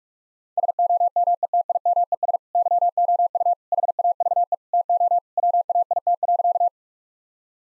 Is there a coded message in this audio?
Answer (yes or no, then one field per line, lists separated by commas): yes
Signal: Morse code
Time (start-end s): 0.6-6.7 s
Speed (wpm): 46 wpm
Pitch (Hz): 700 Hz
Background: none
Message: SOMETIMES YOU HAVE TO WAIT.